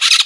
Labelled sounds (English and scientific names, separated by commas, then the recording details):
Brown-throated Parakeet (Eupsittula pertinax) contact call
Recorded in Margarita
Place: San Francisco, near stadium
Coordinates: 11.018, -64.294